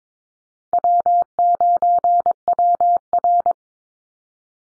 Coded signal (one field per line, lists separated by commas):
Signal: Morse code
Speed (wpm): 22 wpm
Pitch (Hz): 700 Hz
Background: none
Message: W9WR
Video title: Easy Call Signs Repeated 2x 22wpm